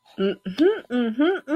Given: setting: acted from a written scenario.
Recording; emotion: vocal sound without words; pride